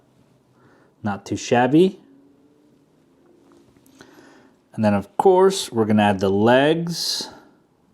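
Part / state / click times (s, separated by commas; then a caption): plastic figure leg into the figure body / not seated / none. A plastic leg from a snap-fit Pokémon model kit figure is handled before being pushed into the figure's body, with a few faint clicks of handling around 3.5–4.0 seconds between stretches of talk. Someone talks. Nothing has seated or clicked yet.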